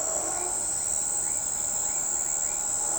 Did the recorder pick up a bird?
no